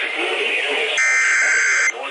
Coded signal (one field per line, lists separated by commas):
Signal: Emergency Alert System (SAME) tones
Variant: header bursts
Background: speech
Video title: FLASH FLOOD EMERGENCY... EAS Alerts from 8/15/20 (EAS #4,933 - 4,965)